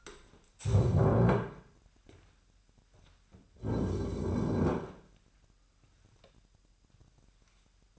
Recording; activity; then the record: daily activity, microphone in the room; stand up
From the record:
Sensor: 2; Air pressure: 998.4 hPa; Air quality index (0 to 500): 128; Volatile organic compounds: 3 ppm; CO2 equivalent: 1445 ppm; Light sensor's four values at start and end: 6/16/6/7 and 5/10/4/5